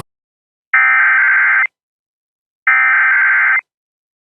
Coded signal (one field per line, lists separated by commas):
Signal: Emergency Alert System (SAME) tones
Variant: header bursts